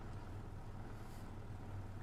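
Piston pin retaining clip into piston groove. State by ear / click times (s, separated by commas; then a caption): not seated / none. A metal piston pin retaining clip is being pushed toward its groove in the piston during a top-end rebuild of a 400EX engine. A steady low hum runs throughout, with a brief sharp burst at 2.1 seconds as the clip ends. The clip has not yet seated or clicked into its groove.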